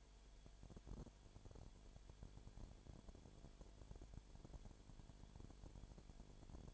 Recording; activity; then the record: daily activity, microphone in the room; no activity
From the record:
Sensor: 5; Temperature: 19.9 degrees Celsius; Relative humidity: 37.1%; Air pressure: 1007.3 hPa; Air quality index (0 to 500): 84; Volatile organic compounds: 1 ppm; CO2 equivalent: 962 ppm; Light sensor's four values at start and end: 2/3/1/1 and 2/3/1/1